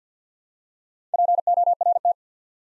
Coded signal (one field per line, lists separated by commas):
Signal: Morse code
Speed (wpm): 50 wpm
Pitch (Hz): 700 Hz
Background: none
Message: PORT